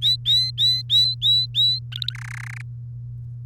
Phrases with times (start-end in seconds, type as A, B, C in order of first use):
0.01-1.79 A, 1.92-2.13 B, 2.15-2.62 C